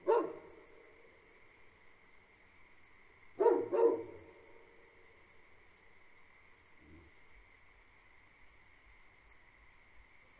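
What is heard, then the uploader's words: A steady, high frog chorus hums through the night as a guard dog barks loudly once at the start, then twice around three seconds. Farm at Night. Two Great Pyrenees livestock guardian dogs bark for the first five minutes, then periodically throughout. Frog chorus fills the air. Recorded March, 2021.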